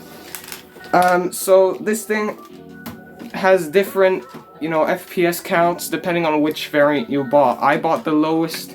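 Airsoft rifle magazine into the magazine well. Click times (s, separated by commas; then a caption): 0.3 s. A magazine is inserted front first and rocked back into the magazine well of an electric blowback airsoft AKS-74U from J&G, and it clicks at 0.4 s as it locks in place. Right after, someone talks over faint background music.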